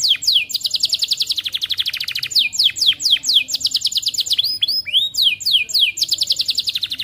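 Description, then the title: Atlantic canary delivering rapid high trills broken by repeated downward-swept whistles, the phrases tumbling quickly one after another. Energetic, persistently singing canary ('gacor') with the best 'cengkok' song phrasing and the richest 'isian' song content. "Kenari Gacor Cengkok Terbaik Isian Paling Mewah Kenarigacor Kicaumania Kenari"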